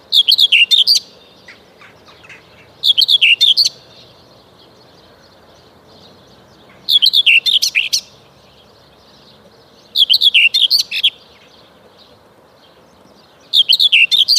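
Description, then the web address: Common whitethroat song: short scratchy, chattering warbling phrases about a second long, repeated every three to four seconds with quiet pauses between. "Przyroda Ptaki Cierniówka"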